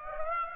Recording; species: mosquito wingbeat signal from an infrared sensor; Aedes aegypti